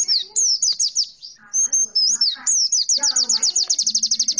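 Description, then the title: White-eye song: a rapid, high twitter of slurred downward notes that speeds into a fast, even run of repeated chips at the end, over faint low background sounds. "Pleci"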